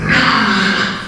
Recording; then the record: squeal of a Yucatan mini pig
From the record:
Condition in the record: after surgery on the right vocal fold (resection and tissue-engineered implant); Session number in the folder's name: 15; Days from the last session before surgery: 175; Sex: female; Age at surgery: 19 weeks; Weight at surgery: 25 kg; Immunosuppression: prednisolone